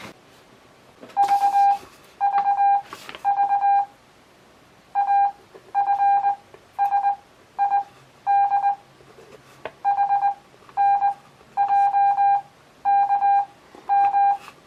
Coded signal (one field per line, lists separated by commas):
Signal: Morse code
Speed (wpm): 20 wpm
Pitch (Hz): 800 Hz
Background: none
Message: VVV AFSID HNJKM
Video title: Receiving morse Code